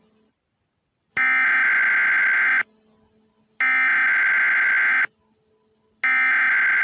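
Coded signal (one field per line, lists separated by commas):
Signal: Emergency Alert System (SAME) tones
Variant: header bursts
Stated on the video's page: Fictional EAS scenario, simulated.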